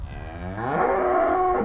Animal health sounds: contact call of a hoofed animal; cattle; low-frequency (closed-mouth) or high-frequency (open-mouth) call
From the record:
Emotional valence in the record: negative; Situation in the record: full separation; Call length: 1.64 s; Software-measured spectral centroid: 980 Hz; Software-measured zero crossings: 1260 a second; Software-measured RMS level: -23 dBFS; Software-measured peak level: -9 dBFS

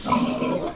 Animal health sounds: contact call of a hoofed animal; wild boar; grunt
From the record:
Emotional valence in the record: negative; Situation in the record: naturally occurring agonistic interactions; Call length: 0.76 s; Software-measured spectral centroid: 2370 Hz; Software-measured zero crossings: 1890 a second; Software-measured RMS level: -24 dBFS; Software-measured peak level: -9 dBFS

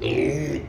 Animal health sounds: contact call of a hoofed animal; pig; closed-mouth grunt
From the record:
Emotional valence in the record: negative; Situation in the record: short social isolation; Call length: 0.69 s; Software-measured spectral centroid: 1790 Hz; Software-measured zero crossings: 1240 a second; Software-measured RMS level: -24 dBFS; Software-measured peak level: -10 dBFS

